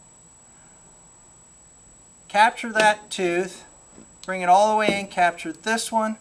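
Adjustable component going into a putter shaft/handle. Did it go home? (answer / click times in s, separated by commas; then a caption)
no / none. An adjustable putter component is lined up at the putter shaft/handle so its teeth engage, before it is pushed in by the skirt. After about 2.3 seconds of near silence, someone talks for the rest of the clip. Nothing has seated or clicked yet.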